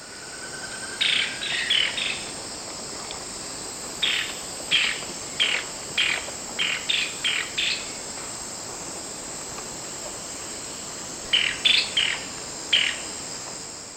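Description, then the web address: Golden-winged tody-flycatcher calling with many short, sharp notes in irregular groups, over a steady high insect drone. Recorded in Ecuador. "Birds of Ecuador. Golden-winged Tody-Flycatcher"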